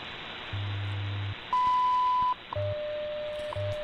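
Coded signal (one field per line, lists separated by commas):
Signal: radio time signal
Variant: WWV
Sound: low hum pulses, a long high beep, then a steady tone with ticks each second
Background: radio static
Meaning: The long 1 kHz tone marks the start of a new minute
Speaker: ten thousand kilohertz or ten megahertz and here it got this one we hear it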